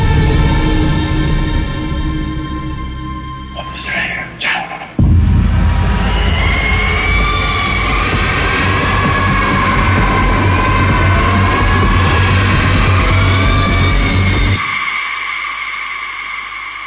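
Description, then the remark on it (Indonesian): A night train rolls along the rails with a steady, loud rumbling roar and faint high whining tones, shifting abruptly early on and then cutting off near the end. No one speaks. “Dengan kereta malam ku pulang sendiri”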